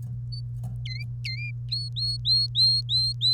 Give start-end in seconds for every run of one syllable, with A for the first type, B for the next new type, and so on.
0.85-1.51 A, 1.71-3.33 B